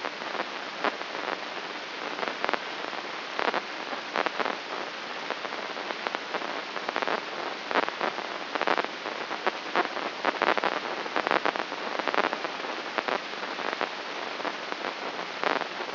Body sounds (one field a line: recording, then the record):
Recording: brain microelectrode recording played as sound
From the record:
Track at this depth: outside the subthalamic nucleus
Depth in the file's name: 7.828 mm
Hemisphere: left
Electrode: 3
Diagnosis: Parkinson's disease